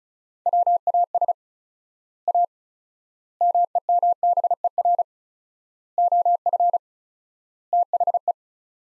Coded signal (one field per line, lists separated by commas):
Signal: Morse code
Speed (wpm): 34 wpm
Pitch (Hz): 700 Hz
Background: none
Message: WAS A MEMBER OF THE